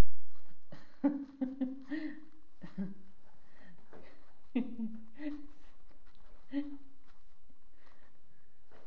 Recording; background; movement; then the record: laughter; quiet; sitting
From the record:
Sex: female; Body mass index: 25.5 kg/m2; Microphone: on the chest, facing outward